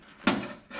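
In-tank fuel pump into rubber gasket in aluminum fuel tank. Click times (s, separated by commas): 0.3 s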